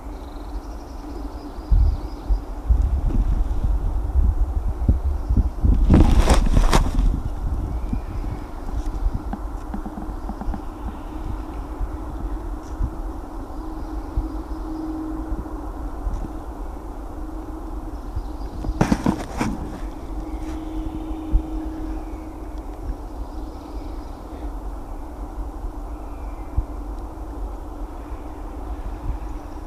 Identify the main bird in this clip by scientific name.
Dryocopus martius